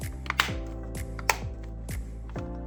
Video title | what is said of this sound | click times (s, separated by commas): Pulse Elite Ear Pads Replacement | And that pops into place as well. | 0.3 s, 0.4 s, 1.3 s